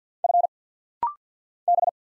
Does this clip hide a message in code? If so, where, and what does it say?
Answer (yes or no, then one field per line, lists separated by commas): yes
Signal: Morse code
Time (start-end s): 0.2-1.9 s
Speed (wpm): 48 wpm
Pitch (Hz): 700 Hz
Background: none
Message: F B